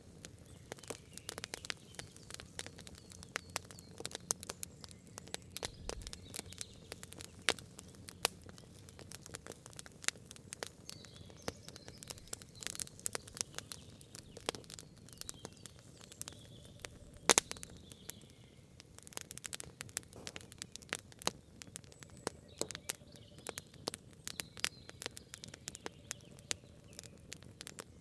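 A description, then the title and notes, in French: A wood fire burns outdoors in a forest, throwing off dense, irregular crackles and sharp pops throughout. A louder snap stands out around seventeen seconds. Beneath the crackling sits a soft, steady low rumble, with faint higher sounds drifting in the background. Feu de bois en forêt. Sur un chemin forestier d'une forêt des Vosges. En arrière-plan le doux roucoulement d'une Chouette hulotte (Strix aluco), chant de proximité du mâle près de la femelle. Doucement le feu se consume en crépitant.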